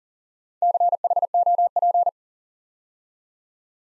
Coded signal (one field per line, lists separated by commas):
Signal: Morse code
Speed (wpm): 42 wpm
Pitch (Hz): 700 Hz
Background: none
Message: CHOP